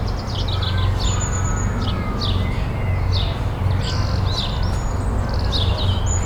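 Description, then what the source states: Birdsong of short, sharp, descending chirps and thin high whistles, several overlapping, set against a constant low hum of traffic. Birdsong in a city garden.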